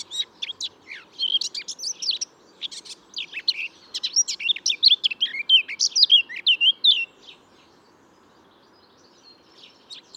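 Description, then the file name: Eurasian blackcap song: a rapid, varied warbling chatter of scratchy and whistled notes for about seven seconds, then quiet with faint background hum. "Sylvia atricapilla"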